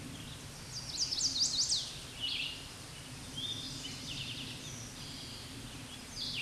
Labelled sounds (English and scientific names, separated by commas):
Chestnut-sided Warbler (Setophaga pensylvanica) song